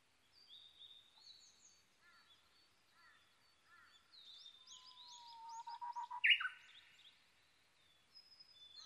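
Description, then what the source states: Japanese bush warbler: a long, slowly falling whistle ends in a sharp, loud flourish, amid a chorus of soft chirping and twittering birds. Recorded 22 May 2011 at 05:58.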